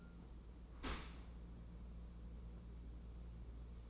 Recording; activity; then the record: daily activity, microphone in the room; open dishwasher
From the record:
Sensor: 1